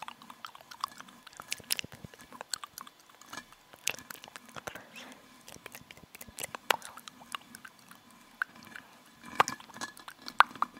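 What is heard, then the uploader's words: Gum being chewed with wet, clicking mouth sounds arriving in rapid irregular bursts, sharper snaps near the end, over a soft low murmur. Chewing Gum. Rode Mic.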